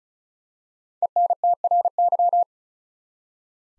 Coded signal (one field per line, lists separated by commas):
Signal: Morse code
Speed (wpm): 36 wpm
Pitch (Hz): 700 Hz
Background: none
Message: ENTRY